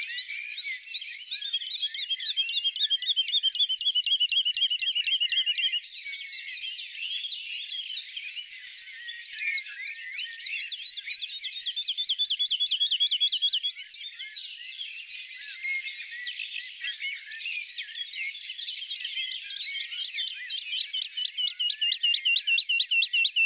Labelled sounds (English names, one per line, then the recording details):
Wood Lark song
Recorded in the wild
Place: Oberrotweil am Kaiserstuhl, Baden-Württemberg, DE
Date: 1980-06-17
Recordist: Schwarz, Dieter